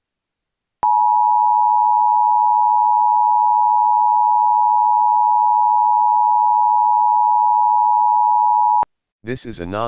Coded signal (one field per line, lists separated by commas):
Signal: Emergency Alert System (SAME) tones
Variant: 853 and 960 Hz attention tone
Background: speech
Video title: EAS Child Abduction Emergency (AMBER Alert) Layton, Utah Statewide Alert (VRChat Kidnapping Case)